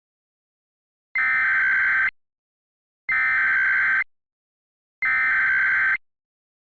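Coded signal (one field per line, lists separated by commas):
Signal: Emergency Alert System (SAME) tones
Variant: header bursts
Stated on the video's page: Fictional EAS scenario, a remastered version of an earlier one.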